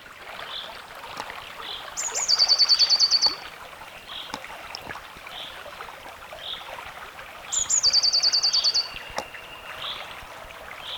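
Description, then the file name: Eurasian blue tit song: high introductory notes followed by a quick even trill, given twice about five seconds apart, over a constant watery hiss. "Cyanistes caeruleus"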